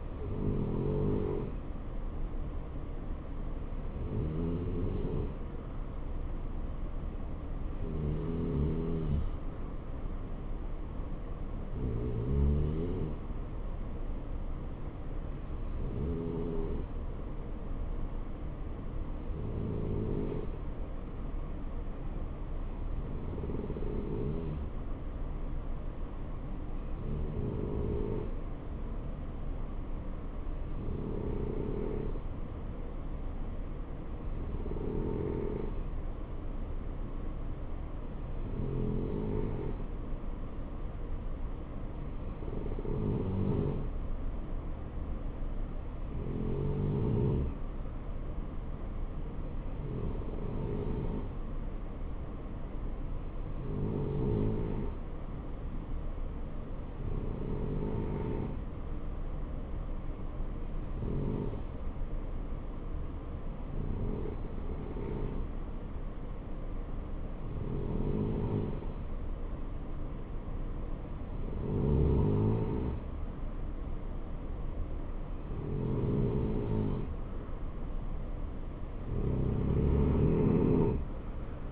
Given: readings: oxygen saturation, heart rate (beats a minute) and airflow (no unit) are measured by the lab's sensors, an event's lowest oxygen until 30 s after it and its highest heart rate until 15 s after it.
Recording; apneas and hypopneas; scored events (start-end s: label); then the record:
breathing in sleep by a smartphone at the bedside; 1
11.00-77.40 s: hypopnea (N2, oxygen 93% highest, then 90% lowest, heart rate 70 at the start, 70 highest)
77.00-81.71 s: new sleep stage, N3 (deep sleep)
From the record:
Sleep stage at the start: N2 (light sleep); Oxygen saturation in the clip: 90 to 93%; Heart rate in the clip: 62 to 70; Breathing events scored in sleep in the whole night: 277 in 7.4 hours asleep